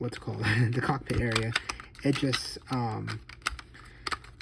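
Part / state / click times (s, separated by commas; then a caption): plastic hatch piece on a toy spaceship hull / not seated / none. Someone talks while trying to press a small plastic hatch back onto the hull of a Star Wars Micro Galaxy Squadron Imperial Shuttle toy spaceship while closing the cockpit area. Sharp plastic knocks come near the end. The hatch won't line up and one side sticks out instead of seating fully, so nothing has clicked into place yet.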